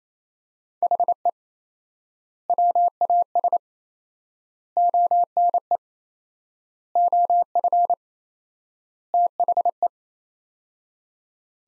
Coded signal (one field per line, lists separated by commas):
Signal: Morse code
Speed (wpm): 27 wpm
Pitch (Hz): 700 Hz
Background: none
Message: HE WAS ONE OF THE